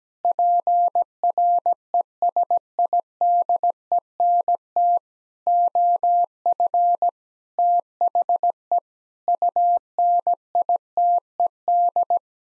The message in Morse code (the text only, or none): PRESIDENT OF THE UNITED